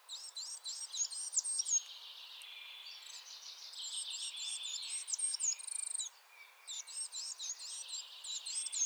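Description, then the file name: Coal tit chattering: thin squeaky hooked notes mixed with buzzy rattles, delivered in busy bursts with a short gap near the sixth second. Chattering (bavarde) calls. "MESANGE NOIRE BAVARDE"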